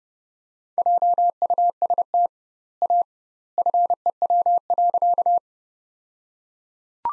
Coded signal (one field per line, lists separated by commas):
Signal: Morse code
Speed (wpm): 32 wpm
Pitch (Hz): 700 Hz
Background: none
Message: JUST A FEW.